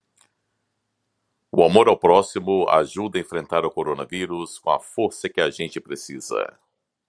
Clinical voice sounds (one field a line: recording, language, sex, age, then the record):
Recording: spoken sentence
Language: Brazilian Portuguese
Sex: male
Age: 40 to 49 years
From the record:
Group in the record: control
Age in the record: 43 years